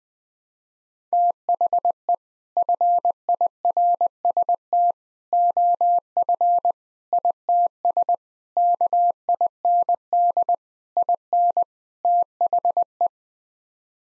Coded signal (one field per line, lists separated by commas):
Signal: Morse code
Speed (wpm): 21 wpm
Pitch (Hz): 700 Hz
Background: none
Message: THE FIRST OF ITS KIND IN THE